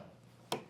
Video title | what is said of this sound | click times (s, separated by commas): etrailer - A Look at the Optronics LED Utility Touch Light | and once you hear that click, letting you know it's on there all the way, you'll be good to go. | 0.5 s